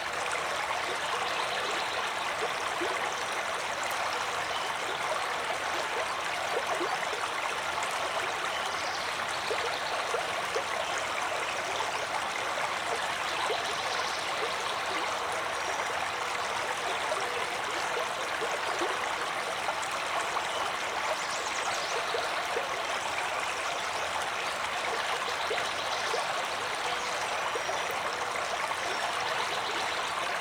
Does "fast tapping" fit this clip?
no